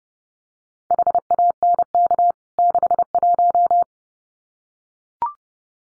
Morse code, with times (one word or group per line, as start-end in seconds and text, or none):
0.9-2.3 HANK
2.6-3.8 61